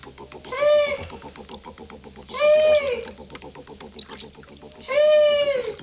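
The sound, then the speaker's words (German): An old, rotting motorboat chugs steadily down the Orinoco River through green water with a low, rhythmic engine throb, while three loud, wavering high-pitched calls rise above it at regular intervals. “Wir sind an Bord eines alten Motorbootes, weit, weit weg von allem, und fahren den Orinoco runter.”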